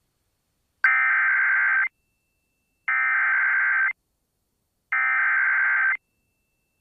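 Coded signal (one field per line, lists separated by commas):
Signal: Emergency Alert System (SAME) tones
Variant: header bursts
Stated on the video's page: Personally captured real EAS alerts.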